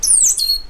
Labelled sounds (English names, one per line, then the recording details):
Stitchbird song
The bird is a male
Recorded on Tiritiri Matangi Island, New Zealand, in 2005
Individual 2, of nest box 2